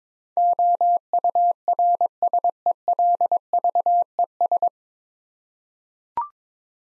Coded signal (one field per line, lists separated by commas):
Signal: Morse code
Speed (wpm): 21 wpm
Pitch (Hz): 700 Hz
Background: none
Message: OURSELVES